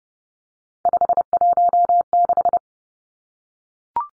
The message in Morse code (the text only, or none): 516